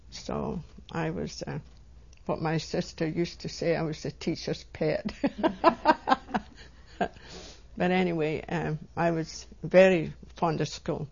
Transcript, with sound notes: So I was, what my sister used to say, I was the teacher's pet. (She laughs.) But anyway, I was very fond of school.